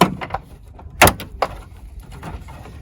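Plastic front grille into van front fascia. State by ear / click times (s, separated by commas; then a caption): seated / 0.0 s, 1.0 s, 1.4 s. The plastic front grille of a RAM Promaster van is squeezed back into the front fascia over the newly installed Steelcraft grille guard brackets. Sharp plastic snaps are heard at 0.0, 1.0 and 1.4 seconds, with a fainter tick around 0.35 seconds. The grille's plastic retaining clips snap into place and the grille is seated.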